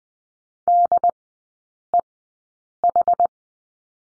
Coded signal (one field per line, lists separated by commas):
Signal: Morse code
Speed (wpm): 20 wpm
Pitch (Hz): 700 Hz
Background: none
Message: DEH